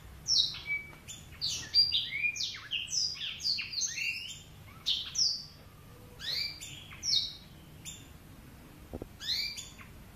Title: Kicau Kacer